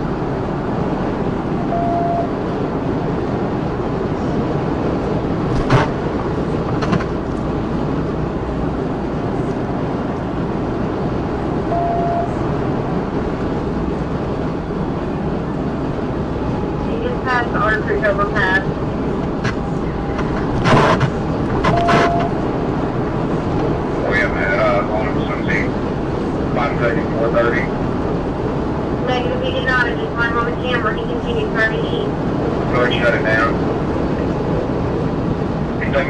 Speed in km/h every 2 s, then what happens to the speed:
188, 198, 201, 188, 190, 200, 198, 201, 200, 190, 190, 198, 200, 201, 198, 198, 203, 195.
0-10 speeds up to 200. 10-20 slows to 190. 20-25 speeds up to 201.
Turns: none.